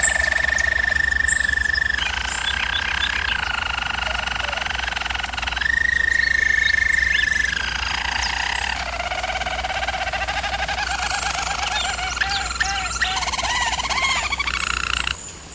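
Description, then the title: German Roller canary gives sustained rolling tours stepping between pitches, then a lower trill with scattered higher twitters toward the end. German Roller canary singing, for canary training. "German Roller Canary Singing - Canary Training Vid"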